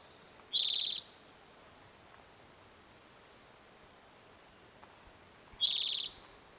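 Spotted towhee calls: two harsh, buzzy mewing notes, each about half a second long, spaced roughly five seconds apart against a quiet background.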